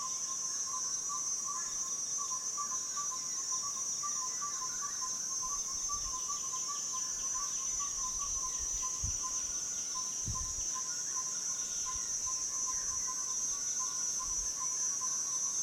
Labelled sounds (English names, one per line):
Yellow-rumped Tinkerbird